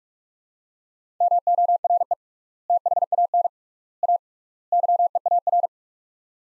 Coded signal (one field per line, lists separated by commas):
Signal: Morse code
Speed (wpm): 44 wpm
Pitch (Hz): 700 Hz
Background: none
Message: MORE THAN A YEAR